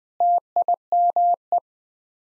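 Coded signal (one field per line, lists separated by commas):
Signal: Morse code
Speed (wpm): 20 wpm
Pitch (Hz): 700 Hz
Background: none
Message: TIME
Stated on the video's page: Morse head-copy drill of common 8-word groups at 20 wpm, each sent, spoken, then sent again.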